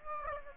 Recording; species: mosquito wingbeat signal from an infrared sensor; Aedes aegypti